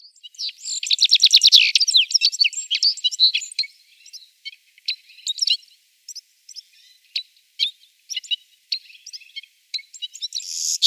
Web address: Schulze Peter Citril Finch song